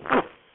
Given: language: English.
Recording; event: throat vibration sensor signal played as sound; cough